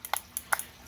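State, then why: Seated. The push-button mechanism of an old closed-face fishing reel is worked, and its metal gear latch makes a series of short, bright clicks around 0.1, 0.4 and 0.6 seconds. The loudest click, at 0.5 seconds, is the latch engaging and locking the reel in gear. The reel is a little dry.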